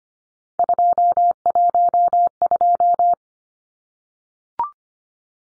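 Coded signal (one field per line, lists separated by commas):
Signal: Morse code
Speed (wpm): 25 wpm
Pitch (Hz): 700 Hz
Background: none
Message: 212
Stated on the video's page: Three-digit number head-copy drill at 25wpm, each sent in Morse, spoken, then sent again.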